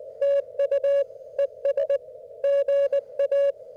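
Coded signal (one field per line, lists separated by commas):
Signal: Morse code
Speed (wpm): 18 wpm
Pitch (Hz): 560 Hz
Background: none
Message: TU ES GA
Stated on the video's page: CW park activation with Yaesu FT-891 at 25 watts, US Morse paddles, Chameleon 17-ft whip.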